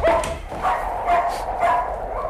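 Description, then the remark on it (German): A dog barks repeatedly in short, fairly loud bursts, roughly every half second, with a yappy, mid-pitched tone and slight whimpering edges between barks. “Und nimm den verfluchten Köter mit.”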